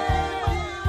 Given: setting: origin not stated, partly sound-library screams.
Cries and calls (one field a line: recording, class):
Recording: one-second piece from a danger detection set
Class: normal situation